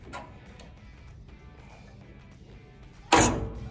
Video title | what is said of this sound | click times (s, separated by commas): Como ARMAR un asador Green Mountain (Daniel Bonne) | we go you'll hear it click | 3.1 s